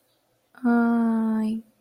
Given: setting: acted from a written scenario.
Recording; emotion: vocal sound without words; adoration